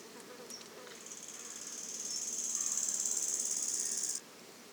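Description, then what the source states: Bow-winged grasshopper giving one high, rasping stridulation phrase that swells gradually over about three seconds, then cuts off abruptly. Moving before stridulating again; le Puech, France; 22 October 2006; recorded with a modified Telinga Earsight omni microphone.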